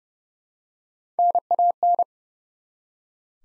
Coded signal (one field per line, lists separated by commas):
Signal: Morse code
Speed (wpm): 30 wpm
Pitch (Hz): 700 Hz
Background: none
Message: NAN